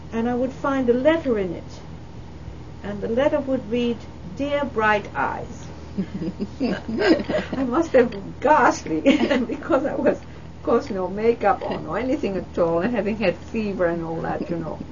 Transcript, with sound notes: and I would find a letter in it, and the letter would read, "Dear Bright Eyes." ( they laugh ) I must have looked ghastly then because I was, of course, no makeup or anything at all, and having had fever and all that, you know.